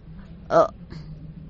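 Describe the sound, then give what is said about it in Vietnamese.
A single sharp hiccup from under a dark table, a short voiced burst that rises out of a low steady hum, followed a moment later by a much fainter catch of breath. “Tiếng nấc vang lên dưới gầm bàn đen ngòm.”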